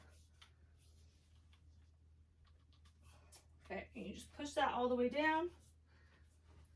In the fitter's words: so here's that stem clicked into place and you do want to make sure you hear a click it's very slight